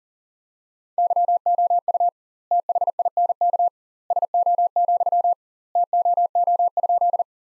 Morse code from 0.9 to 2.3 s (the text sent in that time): YOU